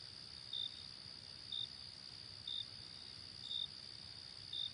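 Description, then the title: Cricket chirping, five clean high chirps about one second apart over an unbroken high-pitched insect hum. Night ambience. "Night Ambience with Cricket Sound"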